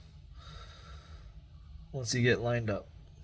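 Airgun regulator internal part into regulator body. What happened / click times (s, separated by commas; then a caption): The part is being handled and lined up but has not seated yet / none. A resealed internal part with greased O-rings, from an FX 19043 airgun regulator (used in the FX Royale, Wildcat, Streamline and other models), is being lined up to push into its metal regulator body. A faint steady background hum runs through the clip, and someone talks briefly from about 1.9 to 2.8 seconds. Nothing has seated or clicked yet.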